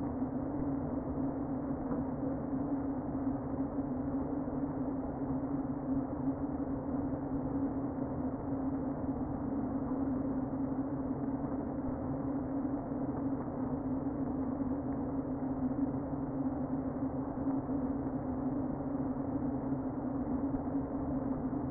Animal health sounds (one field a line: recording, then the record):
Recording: honeybee colony, microphone inside the hive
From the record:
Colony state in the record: queen present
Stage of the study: before two queens were removed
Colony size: about 60,000 bees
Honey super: yes